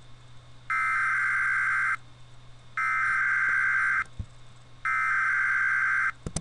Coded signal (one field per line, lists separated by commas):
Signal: Emergency Alert System (SAME) tones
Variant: header bursts